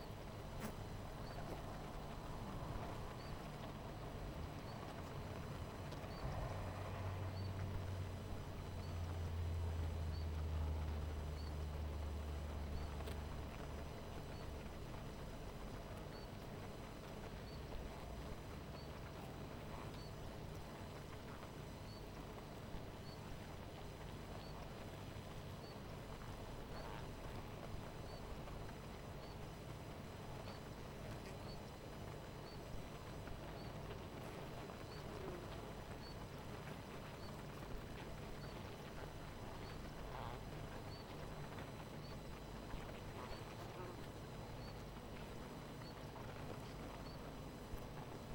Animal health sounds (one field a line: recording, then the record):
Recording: honeybee colony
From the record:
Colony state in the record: missing queen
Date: 14 July 2017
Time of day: 18:54